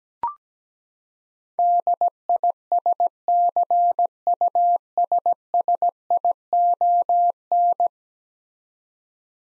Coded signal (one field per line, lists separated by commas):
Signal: Morse code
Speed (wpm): 17 wpm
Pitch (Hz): 700 Hz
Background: none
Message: DISCUSSION